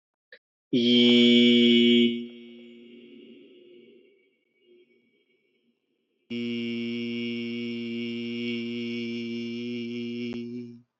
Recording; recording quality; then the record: sustained vowel as in beet; excellent, no background noise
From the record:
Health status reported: respiratory illness, not identified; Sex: male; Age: 28 years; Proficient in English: yes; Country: India